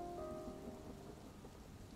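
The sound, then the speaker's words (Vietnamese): Heavy rain pours down in a steady, dense hiss that fills the whole two seconds, with a faint sustained tone fading out early on and no voices. “Trời mưa to nên bà Phượng gọi đến mấy lần, thằng Tô mới lật đật từ trong nhà chạy ra.”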